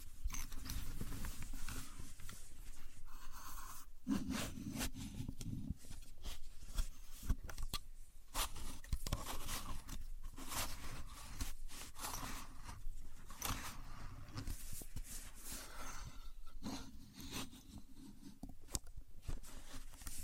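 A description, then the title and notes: A contour gauge is handled, its pins sliding and clicking against each other in quick, uneven bursts of scraping and rattling. Short sharp clicks cluster throughout, with a low murmuring hum underneath, stronger around four to six seconds and again near sixteen. Using A Contour Gauge (No Talking).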